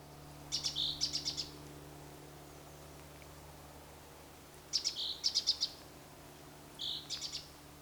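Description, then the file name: Great tit giving repeated bursts of rapid high chinking notes with a short whistled tone, three groups spread across several seconds. "Parus major"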